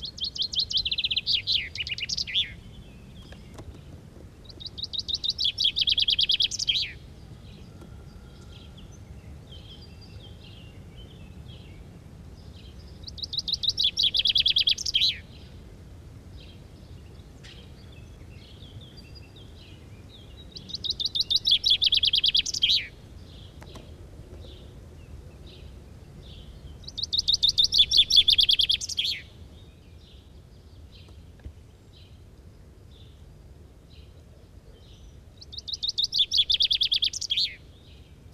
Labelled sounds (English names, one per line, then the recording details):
Common Chaffinch song
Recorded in the wild
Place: Montreux, Kanton Waadt, CH
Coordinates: 46.4342, 6.94556
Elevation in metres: 1154
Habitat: mountains
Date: 1986-05-20
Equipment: Uher 4000 Report, Sennheiser MKH 815 T
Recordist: Tretzel, Erwin